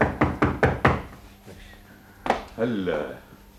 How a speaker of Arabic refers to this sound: ثم تسمع طرقات على الباب.